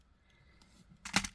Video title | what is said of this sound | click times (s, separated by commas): Gemstone Orphanage simple but classy necklace | push in at the same time there you go did you hear the click | 1.1 s, 1.2 s